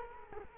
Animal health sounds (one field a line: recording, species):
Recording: mosquito wingbeat signal from an infrared sensor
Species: Culex quinquefasciatus